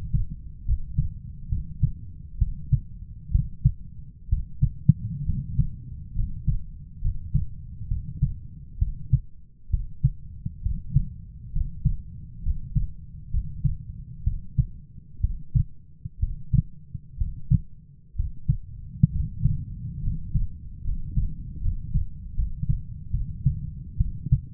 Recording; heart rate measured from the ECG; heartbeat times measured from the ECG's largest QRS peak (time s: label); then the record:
heart sounds by stethoscope; 67 bpm
0.65 s: heartbeat
1.49 s: heartbeat
2.38 s: heartbeat
3.31 s: heartbeat
4.29 s: heartbeat
5.25 s: heartbeat
6.14 s: heartbeat
7.01 s: heartbeat
7.88 s: heartbeat
8.78 s: heartbeat
9.70 s: heartbeat
10.62 s: heartbeat
11.52 s: heartbeat
12.42 s: heartbeat
13.30 s: heartbeat
14.23 s: heartbeat
15.20 s: heartbeat
16.19 s: heartbeat
17.17 s: heartbeat
18.15 s: heartbeat
19.11 s: heartbeat
20.01 s: heartbeat
20.83 s: heartbeat
21.60 s: heartbeat
22.34 s: heartbeat
23.10 s: heartbeat
23.97 s: heartbeat
From the record:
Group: healthy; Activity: rest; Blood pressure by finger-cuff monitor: 120/73 mmHg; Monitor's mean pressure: 86 mmHg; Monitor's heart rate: 67 bpm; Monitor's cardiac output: 7 L/min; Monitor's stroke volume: 104 mL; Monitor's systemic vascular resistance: 900 dyn s/cm5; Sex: male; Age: 23 years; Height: 178 cm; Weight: 96.6 kg